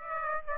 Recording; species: mosquito wingbeat signal from an infrared sensor; Aedes aegypti